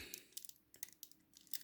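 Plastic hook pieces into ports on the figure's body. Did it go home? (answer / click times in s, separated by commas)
no / none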